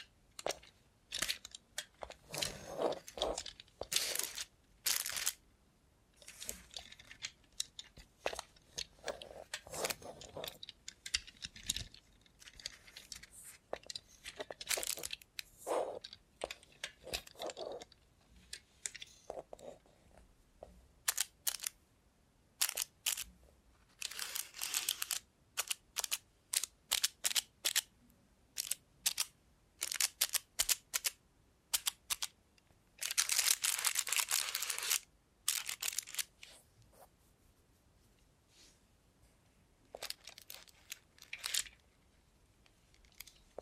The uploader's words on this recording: Try ASMR with a Robot Hand (No Talking).